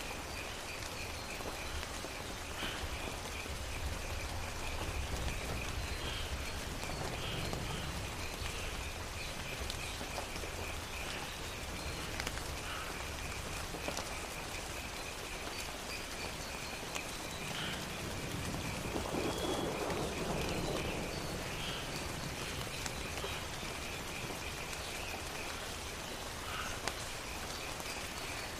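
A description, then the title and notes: Steady pattering rain fills the scene with a dense jungle chorus of frogs and insects, a low rumble swelling briefly around twenty seconds. Thunderstorm in the Jungle. Rolling thunder, pattering rain, and a soothing jungle chorus.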